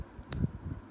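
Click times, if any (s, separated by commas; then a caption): 0.3 s. A push-on cap is pressed onto the body of a Lamy 2000 fountain pen until its two locking clips catch. A sharp, bright click sounds at 0.3 s, followed by a softer low thud. The cap is seated and locked shut.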